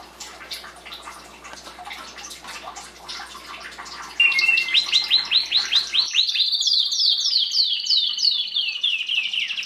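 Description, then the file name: Canary song: soft twittering at first, then loud fast repeated notes sweeping downward, forming a rolling trill that continues steadily to the end. "Canary Voice"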